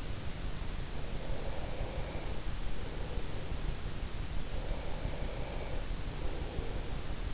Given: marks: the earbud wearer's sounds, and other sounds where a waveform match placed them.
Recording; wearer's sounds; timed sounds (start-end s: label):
sounds in sleep by an in-ear microphone; breath
0.99-3.80 s: breath
4.65-7.20 s: breath